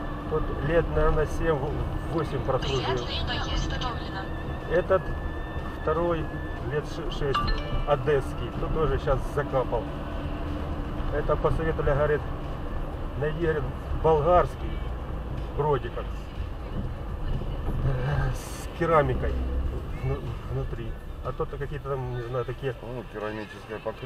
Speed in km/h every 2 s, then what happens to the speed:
24, 29, 29, 30, 27, 25, 25, 24, 22, 20, 16, 12.
0-14 steady at about 25. 14-24 slows to 12.